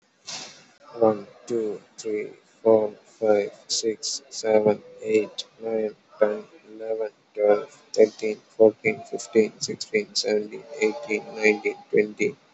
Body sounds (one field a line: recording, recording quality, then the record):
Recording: counting at a normal pace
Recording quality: excellent, no background noise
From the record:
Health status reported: COVID-19 positive, moderate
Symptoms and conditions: cough, cold, breathing difficulty, sore throat, fever, loss of smell and taste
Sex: male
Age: 23 years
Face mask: not worn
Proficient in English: yes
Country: India